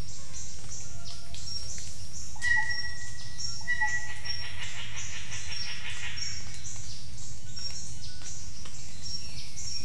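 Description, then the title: Birds whistle steady level notes at about 2.5 and 4 seconds, with a pulsing buzz and high repeated chirps in a dense chorus over a low rumble. Birds calling in the jungle at Mungku Baru, Central Kalimantan, Indonesia. "丛林中的鸟叫_黑色喜p-印度尼西亚中加里曼丹省Mungku Baru"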